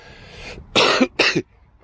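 Adult man, hoarse and ill with the flu, coughs several times in short, harsh bursts and clears his throat.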